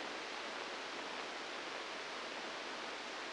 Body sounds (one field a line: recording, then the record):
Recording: brain microelectrode recording played as sound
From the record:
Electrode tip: inside the subthalamic nucleus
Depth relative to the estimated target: 0 mm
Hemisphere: left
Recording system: NeuroSet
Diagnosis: Parkinson's disease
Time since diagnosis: 10 years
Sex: male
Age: 63 years